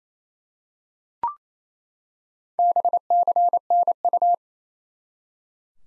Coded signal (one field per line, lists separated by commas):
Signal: Morse code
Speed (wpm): 28 wpm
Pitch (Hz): 700 Hz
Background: none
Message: BCNU